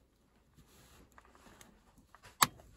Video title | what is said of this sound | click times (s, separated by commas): DIY - 2014 Opel Corsa D 1.4: Swap the 5-speed manual gearbox | it just clicks in place like that | 2.4 s